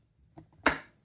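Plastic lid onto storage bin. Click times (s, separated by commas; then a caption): 0.7 s. A plastic lid is clicked back onto a plastic storage bin. A faint tap comes at 0.4 s, then a sharp, bright snap at 0.7 s as the lid snaps into place so it won't come off when the bin is lifted.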